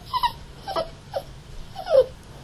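Poodle whining in four short, tonal whimpers separated by brief pauses.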